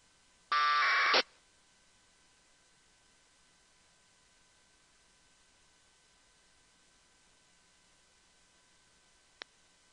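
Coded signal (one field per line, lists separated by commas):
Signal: packet radio (AX.25, as in APRS)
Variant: AFSK 1200 baud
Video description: tuned to the APRS frequency 144.390 MHZ NFM, Filter bandwidth set at 11400, squelch set at 50 and running AFSK1200 Decoder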